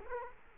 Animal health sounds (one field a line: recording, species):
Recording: mosquito wingbeat signal from an infrared sensor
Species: Culex quinquefasciatus